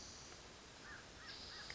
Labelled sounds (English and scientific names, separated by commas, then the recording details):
American Crow (Corvus brachyrhynchos)
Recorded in Sonoma County, California